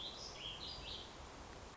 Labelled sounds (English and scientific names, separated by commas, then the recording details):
Warbling Vireo (Vireo gilvus)
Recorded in Sonoma County, California